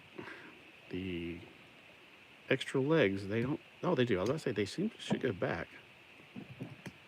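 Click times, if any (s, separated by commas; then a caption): 6.9 s. While a plastic transforming robot toy is being transformed, a part is folded back into position in the robot body, and someone talks throughout. A single sharp click at 6.9 s marks the part seating into place.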